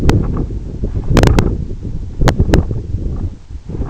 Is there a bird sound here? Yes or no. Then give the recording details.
no. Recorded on Arctic tundra, site EABA-1, on 26 June 2018. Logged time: 04:00